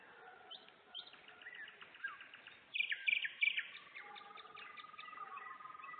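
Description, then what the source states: Nightingale song: short whistles build to a loud burst of rapid repeated notes. Singing in Turek, Poland.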